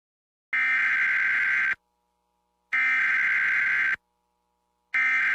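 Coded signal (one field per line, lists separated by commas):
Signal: Emergency Alert System (SAME) tones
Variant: header bursts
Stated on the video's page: Compilation of personally captured EAS alerts from Houston.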